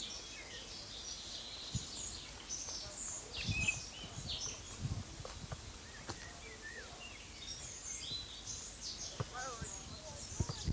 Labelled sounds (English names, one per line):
Eurasian Blackcap song